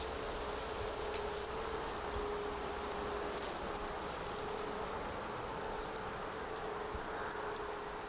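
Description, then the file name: European robin calls: sharp high ticks in groups of two or three, spaced by silent gaps of a second or more, over a faint constant hum. "Erithacus rubecula"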